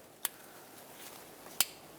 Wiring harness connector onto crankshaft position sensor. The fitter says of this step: there we go that clicked so let's get this Shield back on